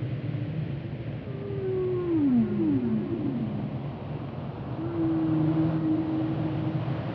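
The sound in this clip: Humpback whale singing long descending moans that slide downward in pitch, followed by a sustained steady tonal note over a low rumbling background.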